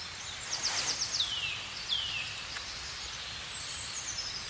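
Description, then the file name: Eurasian nuthatch with two downslurred whistled calls after a quick burst of high chips. "Sitta europaea"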